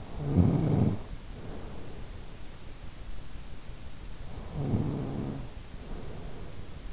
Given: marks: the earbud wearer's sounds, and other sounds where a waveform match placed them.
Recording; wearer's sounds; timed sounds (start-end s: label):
sounds in sleep by an in-ear microphone; snoring breath
0.00-2.57 s: snoring breath
4.22-6.90 s: snoring breath